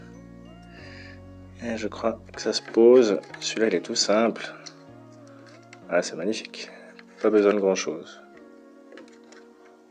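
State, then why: Not seated. A memory module is being handled for installation into a motherboard slot, most likely the one farthest from the processor, while someone talks over background music. A few brief handling sounds occur, but nothing has seated or clicked into the slot yet.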